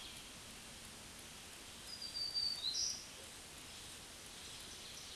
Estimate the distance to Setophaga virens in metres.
about 10 m